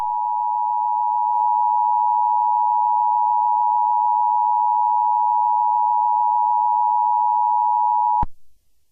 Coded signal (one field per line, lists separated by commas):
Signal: Emergency Alert System (SAME) tones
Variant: 853 and 960 Hz attention tone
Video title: EAS Scenario #25: Mickey Error IV The Next Chapter